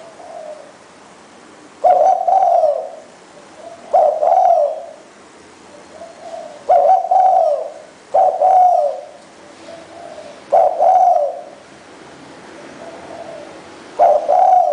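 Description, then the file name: Spotted dove cooing: several husky coo phrases at uneven intervals, with quieter soft coos between the loud phrases. "นกเขาใหญ่"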